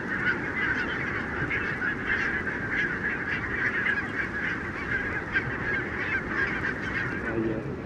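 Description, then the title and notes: Barnacle goose: barnacle geese calling as a huge flock, a dense unbroken wall of yapping barks with a few louder individual calls standing out from the din. Flock of about 20,000 on wintering grounds in winter, Renesse, Netherlands, 12 January 2009; recorded with Nagra LB and Telinga P7. "Renesse - Pays-bas. 20 000 Bernache nonnette ( Branta leucopsis) en Hollande"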